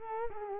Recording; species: mosquito wingbeat signal from an infrared sensor; Culex quinquefasciatus